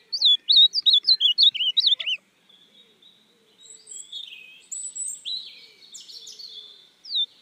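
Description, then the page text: Ultramarine grosbeak song: about two seconds of quick, looping slurred whistles, each note swooping up and down, then softer thin high notes and twittering. "AZULÃO (Cyanoloxia Brissonii)"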